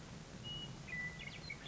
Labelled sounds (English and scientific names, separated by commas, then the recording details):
Western Meadowlark (Sturnella neglecta)
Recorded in Sonoma County, California